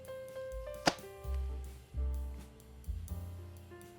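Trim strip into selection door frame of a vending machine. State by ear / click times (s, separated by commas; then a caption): seated / 0.9 s. A trim strip is worked back into the channel of the selection door frame on a restored 1955 Vendo 6 Case Vertical Coca-Cola vending machine, with music playing underneath. A sharp snap at 0.9 s marks the strip seating, and a few lighter ticks and taps follow. The trim piece is snapped back into place.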